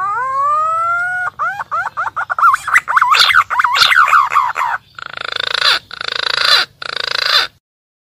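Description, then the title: Green pigeon calling: a long rising whistle, then a run of quick wavering whistled notes, ending in several harsh, rasping bursts. Lively, constantly calling green pigeon, used as a lure for birds in the wild. "BURUNG PUNAI GACOR UNTUK PIKAT DI ALAM"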